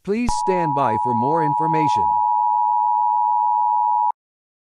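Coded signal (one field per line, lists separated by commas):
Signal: Emergency Alert System (SAME) tones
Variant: 853 and 960 Hz attention tone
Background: speech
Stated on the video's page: Fictional EAS scenario.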